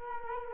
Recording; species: mosquito wingbeat signal from an infrared sensor; Culex quinquefasciatus